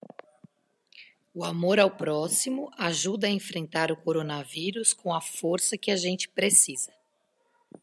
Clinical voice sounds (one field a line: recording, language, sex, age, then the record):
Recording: spoken sentence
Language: Brazilian Portuguese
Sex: female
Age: 40 to 49 years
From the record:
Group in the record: control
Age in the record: 42 years